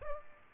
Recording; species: mosquito wingbeat signal from an infrared sensor; Aedes aegypti